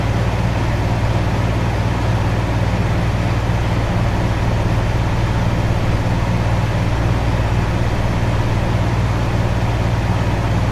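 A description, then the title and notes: An air conditioner runs at a constant level, a dense, even whoosh of moving air over a steady low hum with distinct droning tones at the bottom. Nothing changes across the clip; the sound is unbroken, with no separate events. Air Conditioner for Relax and Sleep.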